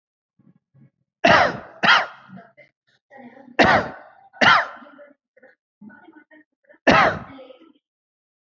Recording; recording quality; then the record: heavy voluntary cough; excellent, no background noise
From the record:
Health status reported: healthy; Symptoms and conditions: none ticked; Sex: male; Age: 38 years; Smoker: not ticked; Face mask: not worn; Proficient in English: yes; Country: India